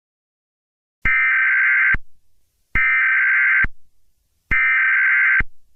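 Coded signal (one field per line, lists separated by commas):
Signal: Emergency Alert System (SAME) tones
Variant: header bursts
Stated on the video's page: Valid EAS tones interrupting a song performance.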